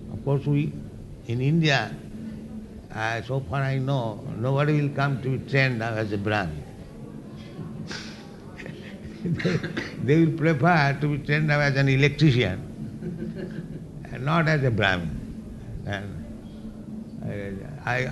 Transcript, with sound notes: Of course we, in India, so far I know, nobody will come to be trained up as a brāhmaṇa. [chuckles] They will prefer to be trained up as an electrician and not as a brāhmaṇa.